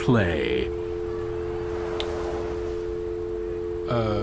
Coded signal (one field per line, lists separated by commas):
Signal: telephone call progress tone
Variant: North America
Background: speech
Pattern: dial tone